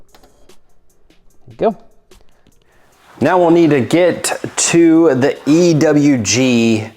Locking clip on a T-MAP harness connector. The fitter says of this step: then push the clip all the way down to hear that click